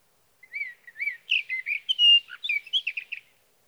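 Sage thrasher song, a long run of warbled, chattering phrases with clear whistled notes, varied and hurried, lasting about three seconds on a quiet background.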